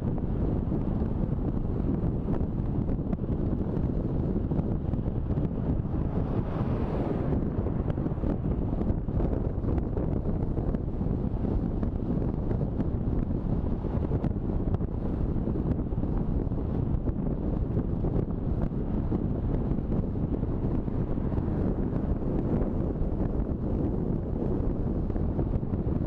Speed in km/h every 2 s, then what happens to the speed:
34, 34, 35, 35, 36, 36, 37, 38, 38, 39, 40, 41, 41.
0-26 steady at about 37.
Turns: none.